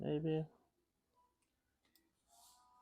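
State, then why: Seated. A crimped pin is slid into a hole of a plastic male connector housing and locks in with a faint click at 1.9 s, so it won't pull out any more. Someone talks at the start, and quiet handling noise follows the click.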